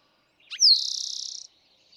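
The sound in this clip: Eastern towhee sings one phrase, an opening note and sharp downslurred whistle leading into a rapid buzzy trill that stops abruptly.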